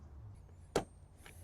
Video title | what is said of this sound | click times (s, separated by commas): Showing My Friend Lauren How To Teardown A Vintage Honda Civic Engine | yay it's stripped out and loosened | 0.8 s